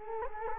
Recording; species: mosquito wingbeat signal from an infrared sensor; Culex quinquefasciatus